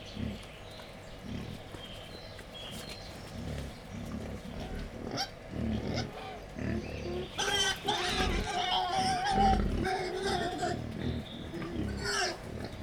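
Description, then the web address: Wild boar grunting quietly at first, then louder, with a burst of harsh squealing between about eight and ten seconds. Captive wild boar at Jászberény Zoo, recorded 28 April 2015, calling excitedly before feeding. "allathangok jaszberenyizoo 2015 professzionalis vaddiszno etetesrefelajzva c 04 28"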